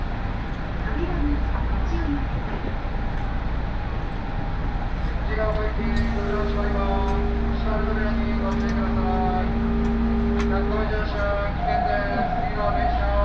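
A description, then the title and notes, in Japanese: A train ride on a Nagoya railway line, with a steady low rumble and murmuring voices throughout. From about six to eleven seconds a sustained motor whine holds two even pitches, while faint higher tones and clicks come and go. 鉄道旅 あおなみ線・東山線 金城ふ頭→荒子・高畑→名古屋。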